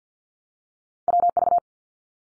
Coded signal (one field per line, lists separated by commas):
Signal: Morse code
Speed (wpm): 50 wpm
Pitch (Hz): 700 Hz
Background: none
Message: WV